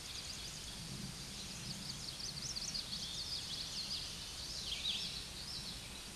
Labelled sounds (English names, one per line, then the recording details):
Common Yellowthroat song
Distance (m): 40 m
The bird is about 5 m above the microphone
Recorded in a Pennsylvania forest on 16 May 2024 at 06:52
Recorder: AudioMoth, point MSD-0521
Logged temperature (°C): 15.8 °C
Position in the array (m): 85 m, 83 m